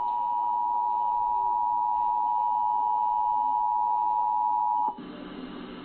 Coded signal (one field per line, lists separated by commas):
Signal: Emergency Alert System (SAME) tones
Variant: 853 and 960 Hz attention tone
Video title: Flash Flood Warning (EAS #46)